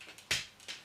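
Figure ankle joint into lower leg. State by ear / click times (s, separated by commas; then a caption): seated / 0.3 s. The second plastic ankle of a Transformers Generations Selects Star Convoy figure is brought up and forward into the lower leg. After a couple of faint handling taps, it snaps into place with a sharp, bright click at 0.3 s, and it locks seated.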